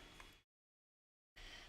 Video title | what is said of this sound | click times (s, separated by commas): Building Lego 31129 - Majestic Tiger - Lego and Chill XL | presumably they just click into place | 0.2 s